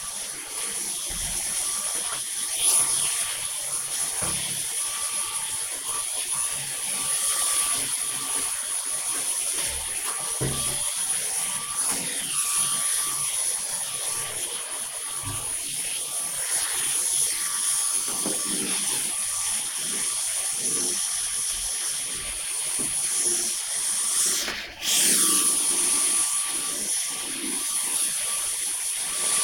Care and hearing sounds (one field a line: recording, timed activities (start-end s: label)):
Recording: household activities, microphone on the right wrist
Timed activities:
0.00-29.44 s: vacuum cleaning